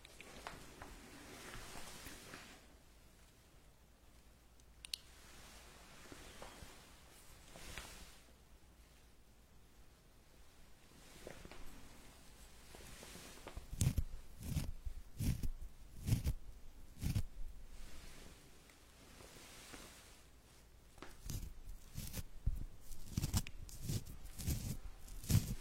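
An ear massage, starting with soft, faint rubbing and hushed rustles. From about the halfway point the strokes grow louder and choppier, coming as quick, thumping brushes and scratchy swipes in irregular bursts.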